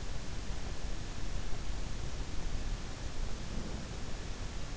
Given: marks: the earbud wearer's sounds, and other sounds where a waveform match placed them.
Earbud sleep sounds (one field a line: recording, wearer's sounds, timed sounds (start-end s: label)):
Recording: sounds in sleep by an in-ear microphone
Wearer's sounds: breath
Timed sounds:
3.24-3.99 s: breath